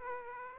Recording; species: mosquito wingbeat signal from an infrared sensor; Aedes aegypti